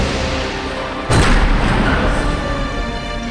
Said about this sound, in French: Fou de jalousie, il quitte la fête précipitamment en faisant claquer toutes les portes du château les unes après les autres.